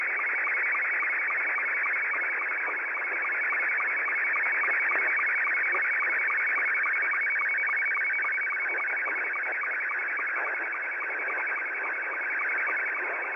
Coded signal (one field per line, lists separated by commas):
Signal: SSTV (slow-scan television)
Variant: Scottie 2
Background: speech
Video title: Receiving SSTV from far away is really easy...